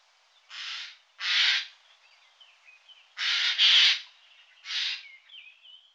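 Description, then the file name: Eurasian jay calling with five grating screeches, two close together, while faint thin whistled notes sound softly in the pauses. "Geai-des-chênes"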